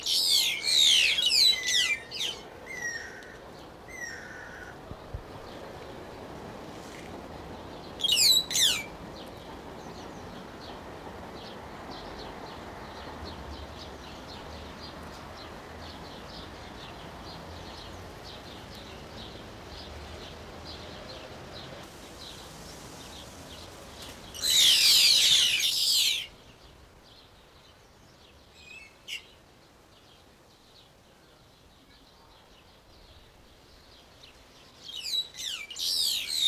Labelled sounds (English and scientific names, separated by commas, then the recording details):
White-headed Buffalo-Weaver (Dinemellia dinemelli)
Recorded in captivity
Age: adult
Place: Zoo Berlin, Berlin, DE
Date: 1992-05-09 11:28
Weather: wolkig, 11-14°C
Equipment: Nagra SN, Mikrofon AKG CK 8, Kopie Tesla B 116
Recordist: Tembrock, Günter